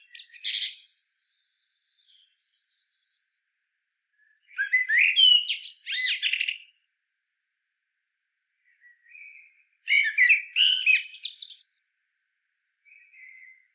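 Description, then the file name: Common blackbird giving three short warbled phrases with high twittering, separated by pauses and a few soft, quiet whistles. "Turdus merula"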